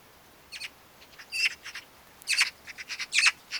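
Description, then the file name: Eurasian magpie giving harsh, rattling chatter in irregular bursts of dry, noisy notes, with short pauses between groups. "Pica pica"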